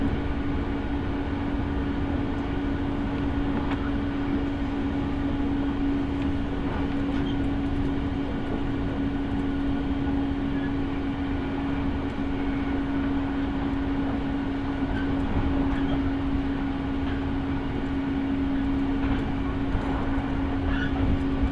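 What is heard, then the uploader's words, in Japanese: A train ride: a steady, unbroken rumble of the carriage fills all 22 seconds, with a constant low hum running beneath it. Faint clicks and brief squeaks surface now and then, but the loudness stays even throughout. 耳で楽しむ鉄道旅 日豊本線特急ソニック6号 柳ヶ浦→小倉。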